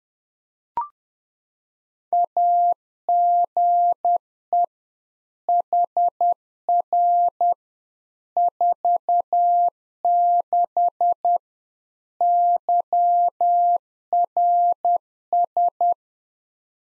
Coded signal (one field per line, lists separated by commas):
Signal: Morse code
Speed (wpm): 10 wpm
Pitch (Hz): 700 Hz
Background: none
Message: AGE HR 46 YRS